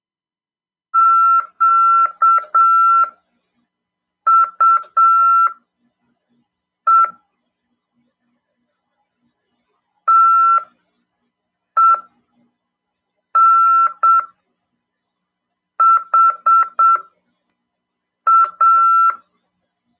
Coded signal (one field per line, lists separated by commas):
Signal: Morse code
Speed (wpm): 7 wpm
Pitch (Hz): 1350 Hz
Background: none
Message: QUE TENHA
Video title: RADIOAMADOR 2ªEd. 7/12/2022 "AULA 41: CW, LEGIS, e C.RODADA" FM 146.410 Mhz PY2EXU PAULO CRASP/RAF.